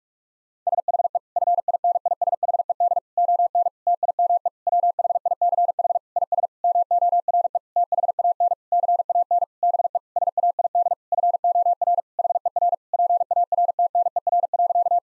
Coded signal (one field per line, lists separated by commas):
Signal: Morse code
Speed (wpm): 46 wpm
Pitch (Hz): 700 Hz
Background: none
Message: SHE FINISHED ON TIME WHICH IS MORE THAN CAN BE SAID FOR HER PARTNER.